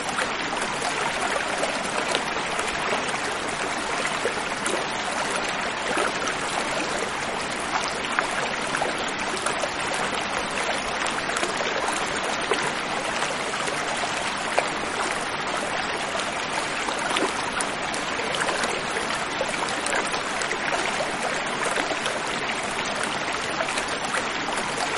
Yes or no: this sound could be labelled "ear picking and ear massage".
no